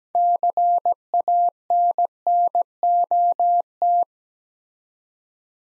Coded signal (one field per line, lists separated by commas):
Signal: Morse code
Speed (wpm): 17 wpm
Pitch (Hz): 700 Hz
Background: none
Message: CANNOT